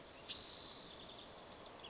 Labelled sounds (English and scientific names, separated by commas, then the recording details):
Spotted Towhee (Pipilo maculatus)
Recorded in Sonoma County, California